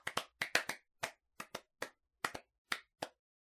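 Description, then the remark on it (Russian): A scattering of thin, uneven hand claps from listeners urged to applaud, about a dozen sharp slaps at an irregular pace, some bunched in quick pairs, with no voices and silence between them. “Послышалось несколько жиденьких хлопков.”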